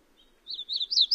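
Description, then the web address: Painted redstart song fragment: a short run of sweet, wavering high notes that grow louder and rise slightly toward the end, over a quiet background. "Songs of Birds of North America Know Your Bird Sounds. Painted Redstart"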